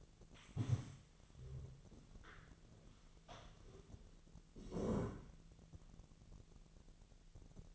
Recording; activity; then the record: daily activity, microphone in the room; stand up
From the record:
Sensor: 4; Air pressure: 1001.2 hPa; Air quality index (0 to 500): 182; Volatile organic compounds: 2 ppm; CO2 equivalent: 1308 ppm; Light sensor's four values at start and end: 14/33/14/14 and 15/33/14/14